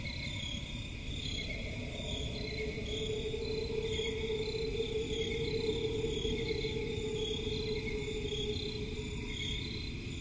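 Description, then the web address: Crickets chirping in a steady, layered high chorus that never pauses, over a constant low rumble and a faint sustained mid-pitched hum. Crickets in a forest at night; presented as relaxing ambience. "Forest and crickets at night. صدای-آرامبخش-جنگل-و-جیرجیرک"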